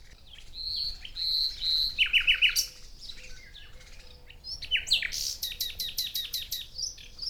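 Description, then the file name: Common nightingale song with drawn-out whistles, a quick series of notes, a pause, then a strong burst of repeated sharp notes delivered rapidly. "Luscinia megarhynchos"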